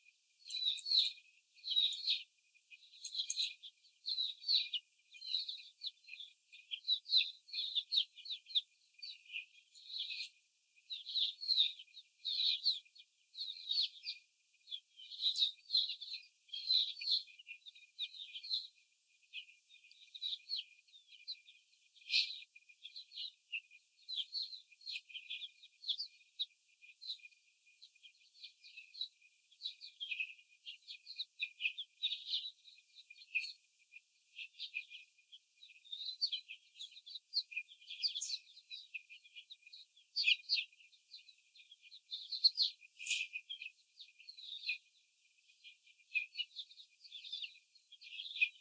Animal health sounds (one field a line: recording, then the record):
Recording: young laying hens in a cage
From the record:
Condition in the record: after the stressor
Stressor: simulated dog barking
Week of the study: 4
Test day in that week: 3